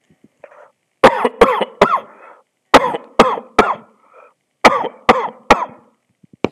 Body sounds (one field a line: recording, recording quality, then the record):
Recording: shallow voluntary cough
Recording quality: excellent, no background noise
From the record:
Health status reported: exposed to COVID-19, no respiratory illness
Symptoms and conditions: cough, fever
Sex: male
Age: 51 years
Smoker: not ticked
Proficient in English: yes